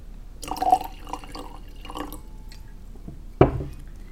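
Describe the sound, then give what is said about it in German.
Wine glugs and splashes into a glass for a couple of seconds in short gurgling bursts, then a single sharp knock as the glass or bottle is set down. “Willst du noch Wein? Unbedingt.”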